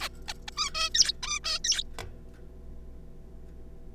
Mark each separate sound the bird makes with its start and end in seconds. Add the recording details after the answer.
0.01-0.08, 0.28-0.33, 0.48-0.50, 0.57-0.70, 0.74-0.89, 0.95-1.12, 1.23-1.39, 1.44-1.60, 1.64-1.83. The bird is a juvenile. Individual R3549